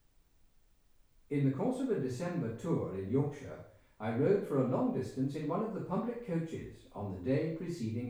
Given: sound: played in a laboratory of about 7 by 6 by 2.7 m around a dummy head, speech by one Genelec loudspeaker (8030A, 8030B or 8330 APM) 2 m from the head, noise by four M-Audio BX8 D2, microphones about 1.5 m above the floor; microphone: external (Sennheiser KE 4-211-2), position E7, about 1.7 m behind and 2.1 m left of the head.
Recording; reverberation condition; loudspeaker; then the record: male speech in English; medium; behind (180 degrees)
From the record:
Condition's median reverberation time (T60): about 510 ms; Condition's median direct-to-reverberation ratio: about -0.5 dB